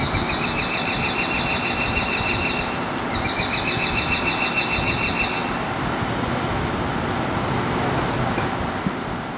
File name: Downtown Houston Bird at Caroline and Polk